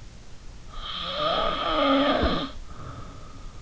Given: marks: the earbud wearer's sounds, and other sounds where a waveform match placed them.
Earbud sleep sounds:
sounds in sleep by an in-ear microphone; snoring breath
0.74-3.49 s: snoring breath

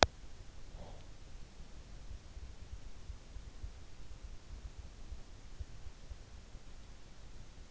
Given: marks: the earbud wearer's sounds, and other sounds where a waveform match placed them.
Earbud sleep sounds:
sounds in sleep by an in-ear microphone; breath
0.56-1.54 s: breath

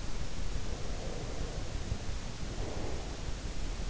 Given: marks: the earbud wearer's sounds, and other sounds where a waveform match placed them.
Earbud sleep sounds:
sounds in sleep by an in-ear microphone; breath
0.45-3.20 s: breath

